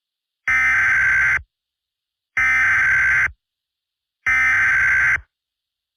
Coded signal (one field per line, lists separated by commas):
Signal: Emergency Alert System (SAME) tones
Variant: header bursts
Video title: eas scenario catemojibabyheat part 29 in the city